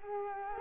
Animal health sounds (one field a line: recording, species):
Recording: mosquito wingbeat signal from an infrared sensor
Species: Culex quinquefasciatus